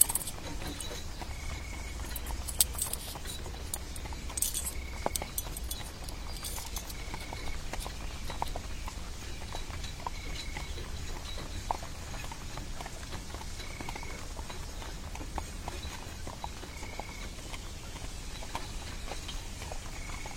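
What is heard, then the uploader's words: Horse hooves clop steadily and densely throughout, with a low rumble running underneath. A short, bright tone repeats every two to three seconds, like a bird call, and a few sharper clinks stand out near the start. Horse hooves Magic forest.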